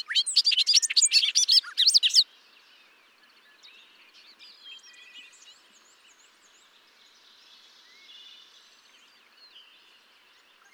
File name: Bobolink